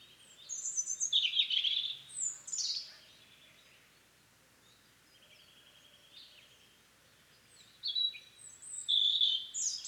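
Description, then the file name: European robin song: high, thin tinkling phrases with twittering notes, a burst in the first three seconds and another near the end, separated by a quiet gap. "Erithacus rubecula"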